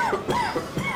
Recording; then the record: coughing mixed with background sound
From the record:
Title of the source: Mid-morning Winter Coughing Fit